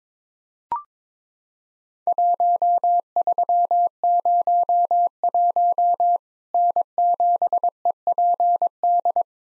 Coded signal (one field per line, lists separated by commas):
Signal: Morse code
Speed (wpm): 22 wpm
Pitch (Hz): 700 Hz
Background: none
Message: 1301 N7EPD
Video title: Worked All Europe DX Contest QTC Exchange with Repeats 22wpm